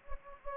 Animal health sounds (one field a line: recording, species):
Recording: mosquito wingbeat signal from an infrared sensor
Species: Anopheles gambiae